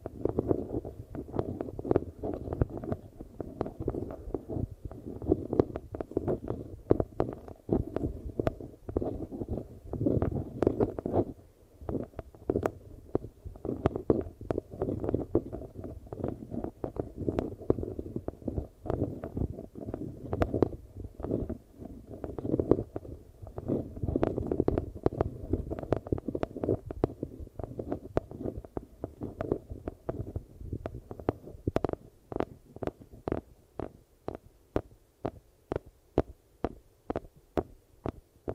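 Eardrum massage sounds: a dense, muffled rumbling and rubbing, low and dull, packed with rapid soft crackles and clicks. The texture stays thick and busy for about thirty seconds, then thins out near the end into sparser, separate taps with quieter gaps between them.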